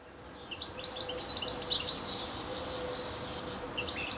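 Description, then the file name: European goldfinch twittering, a dense wash of high rapid chirps that starts softly, swells, then thins before a brief final flurry, over a steady faint low hum. "Carduelis carduelis"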